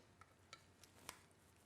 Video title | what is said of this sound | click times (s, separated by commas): Puppy Grooming at Home with Stuart Simons | your other head and click it into place | 1.1 s